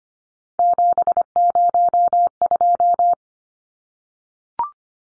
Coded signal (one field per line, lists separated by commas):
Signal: Morse code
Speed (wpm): 25 wpm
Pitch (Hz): 700 Hz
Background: none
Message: 702